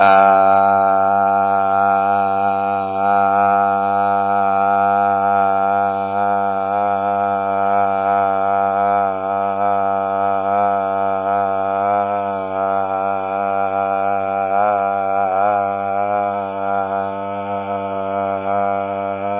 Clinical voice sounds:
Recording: sustained vowel /a/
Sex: male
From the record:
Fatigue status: no fatigue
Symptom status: symptomatic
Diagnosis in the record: COVID-19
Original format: 3gp

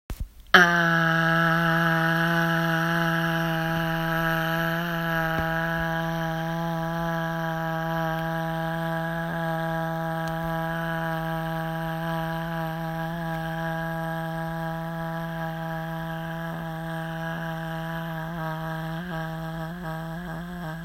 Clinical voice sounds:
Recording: sustained vowel /a/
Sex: female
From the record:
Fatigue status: fatigue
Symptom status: symptomatic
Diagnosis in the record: COVID-19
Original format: m4a

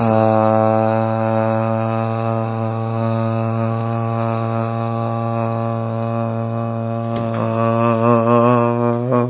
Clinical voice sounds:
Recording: sustained vowel /a/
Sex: male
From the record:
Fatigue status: no fatigue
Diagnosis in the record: COVID-19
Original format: 3gp

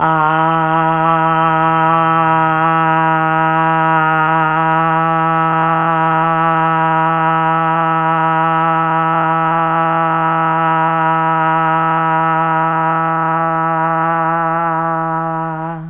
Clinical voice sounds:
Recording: sustained vowel /a/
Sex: female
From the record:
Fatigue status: no fatigue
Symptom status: symptomatic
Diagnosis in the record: COVID-19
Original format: m4a

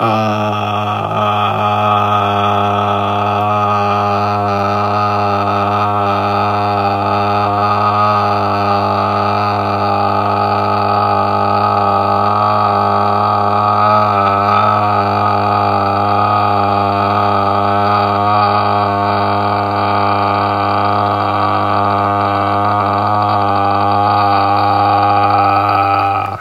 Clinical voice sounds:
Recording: sustained vowel /a/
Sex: male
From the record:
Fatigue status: no fatigue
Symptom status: asymptomatic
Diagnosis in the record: COVID-19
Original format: m4a

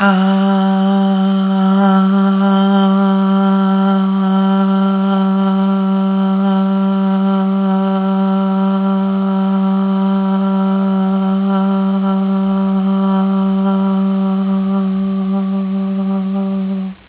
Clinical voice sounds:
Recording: sustained vowel /a/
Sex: female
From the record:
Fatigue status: fatigue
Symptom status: symptomatic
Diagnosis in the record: COVID-19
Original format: 3gp

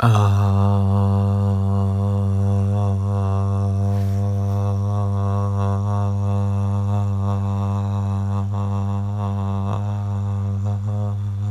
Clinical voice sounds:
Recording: sustained vowel /a/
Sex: male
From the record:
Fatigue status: no fatigue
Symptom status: asymptomatic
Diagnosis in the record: COVID-19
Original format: m4a

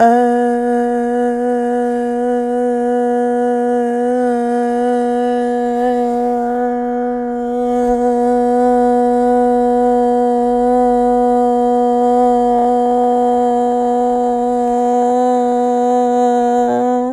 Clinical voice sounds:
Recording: sustained vowel /a/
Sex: female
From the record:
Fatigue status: fatigue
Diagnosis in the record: COVID-19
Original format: m4a

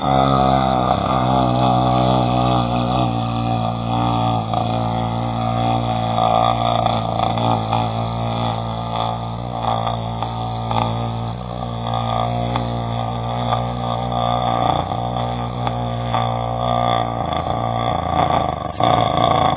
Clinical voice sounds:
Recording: sustained vowel /a/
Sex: male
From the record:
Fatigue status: no fatigue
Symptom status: asymptomatic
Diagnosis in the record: COVID-19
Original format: 3gp

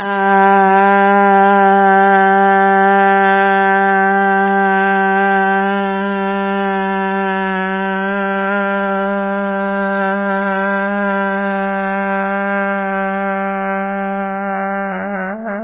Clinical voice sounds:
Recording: sustained vowel /a/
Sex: female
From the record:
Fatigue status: fatigue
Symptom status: symptomatic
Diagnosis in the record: COVID-19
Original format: 3gp

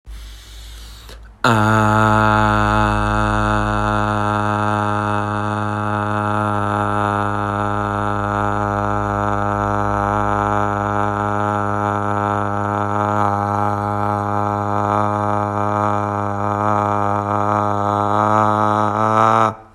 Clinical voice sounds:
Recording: sustained vowel /a/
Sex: male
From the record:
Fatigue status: no fatigue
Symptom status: asymptomatic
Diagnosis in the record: COVID-19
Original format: m4a

